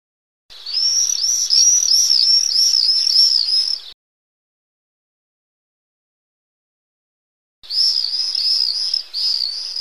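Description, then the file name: Common swift calling: strident high chirps, each rising and falling, repeated steadily for over three seconds. Silence follows before a shorter second burst. A pair of swifts calling. "glosy pary jerzykow"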